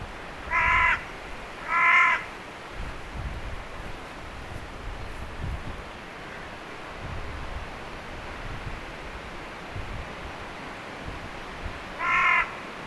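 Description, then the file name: Carrion crow giving harsh, hoarse caws: two near the start about a second apart, then a single caw near the end after a long pause; low background rumble. "Corvus corone"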